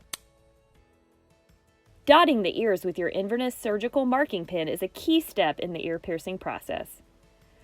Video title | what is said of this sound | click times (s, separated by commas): Inverness - English Training video 2 | out the earring cartridge and load it into the instrument you should hear the cartridge click into place | 0.1 s